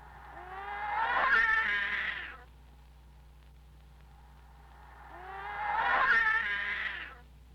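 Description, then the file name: Cat meows, processed with effects: two rich, smeared wails of about two seconds each, a few seconds apart, over a faint low drone. "Meow"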